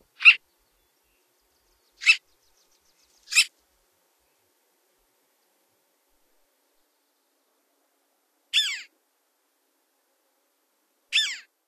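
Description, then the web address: Long-tailed jaeger giving short harsh calls, three in the first four seconds, then two more after a long pause; otherwise silent. "Songs of Birds of North America Stokes. Long-tailed Jaeger"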